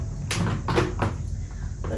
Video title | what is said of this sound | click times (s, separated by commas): Eureka PowerSpeed Review - Carpet & Hard Floor Performance | just align it up and then boom, you'll hear it click in place. | 0.3 s, 0.7 s